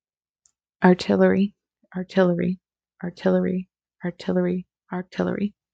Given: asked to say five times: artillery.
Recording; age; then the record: repeated word; 30 to 39 years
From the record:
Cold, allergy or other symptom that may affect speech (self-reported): no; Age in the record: 32 years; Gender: other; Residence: Kansas, United States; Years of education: 15